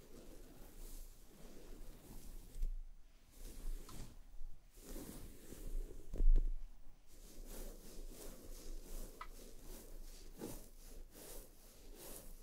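Soft rubbing and brushing strokes on the scalp and hair come in uneven waves, with a heavier muffled thump near the middle.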